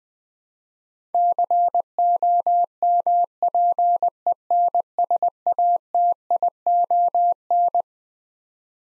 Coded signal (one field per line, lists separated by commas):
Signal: Morse code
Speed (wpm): 21 wpm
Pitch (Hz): 700 Hz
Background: none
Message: COMPENSATION